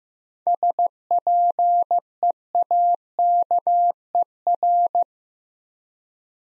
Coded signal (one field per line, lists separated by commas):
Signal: Morse code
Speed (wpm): 15 wpm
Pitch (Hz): 700 Hz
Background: none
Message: SPEAKER